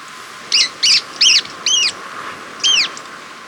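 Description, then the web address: Stout-billed cinclodes sounding five sharp, down-curved notes, four close together and a final one after a brief gap, with continuous background hiss. Ecuador. "Birds of Ecuador. Stout-Billed Cinclodes"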